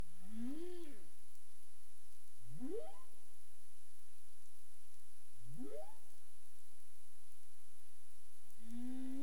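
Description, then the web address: Humpback whale giving several harmonic upswept calls, the first rising then falling, ending with a level moan, over low hiss. 27 April 2035, 22:59 UTC. "CARIMAM. humpback whale 20350427 225931 UTC"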